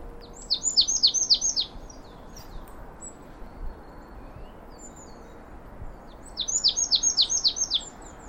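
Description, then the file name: Marsh tit calls: two clear bursts of fast, high, chipping notes repeated in quick series, separated by a few softer scattered chirps. "Poecile palustris"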